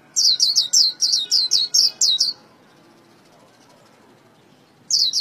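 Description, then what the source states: White-eye song: a rapid series of high, falling chirps, a silent gap, then another burst starting. Vietnamese song style called khuyên líu.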